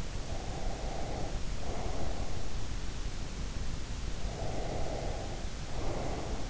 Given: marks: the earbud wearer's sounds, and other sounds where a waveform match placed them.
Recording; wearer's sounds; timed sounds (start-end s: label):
sounds in sleep by an in-ear microphone; breath
0.41-2.41 s: breath
4.23-6.49 s: breath